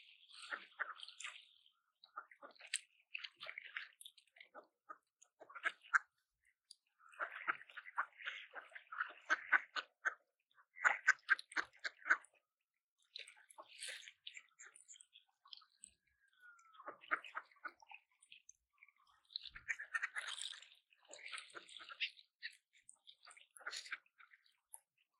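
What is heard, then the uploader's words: Ducks being fed at the lake in Saltwell Park, with quick bursts of wet clicking, pecking and nibbling sounds that come in short clusters every second or two. The bursts are fairly bright and busy, broken by brief quiet gaps, with little else underneath. Today, we're feeding the ducks at the lake in Saltwell Park. Recorded in January. I went out and fed the ducks (and swans, and other birds that came along for the meal) peas.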